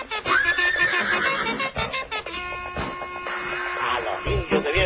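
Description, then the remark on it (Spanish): A horse whinnies: a shrill, rising squeal that breaks into a long, wavering, quavering call lasting a few seconds, loud over a busy, noisy background. “¡Caballito!”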